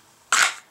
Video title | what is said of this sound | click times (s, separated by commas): Kinetic Concepts Tactical Holsters Review (HD) | and gets a nice positive click when you put it back in | 0.3 s